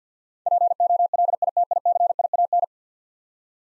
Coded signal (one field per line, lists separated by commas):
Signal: Morse code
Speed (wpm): 52 wpm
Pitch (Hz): 700 Hz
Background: none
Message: POLITICIAN